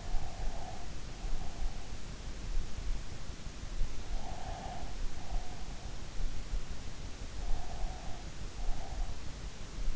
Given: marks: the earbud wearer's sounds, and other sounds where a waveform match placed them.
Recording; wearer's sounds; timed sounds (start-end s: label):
sounds in sleep by an in-ear microphone; breath
0.00-1.87 s: breath
4.13-6.13 s: breath
7.36-9.30 s: breath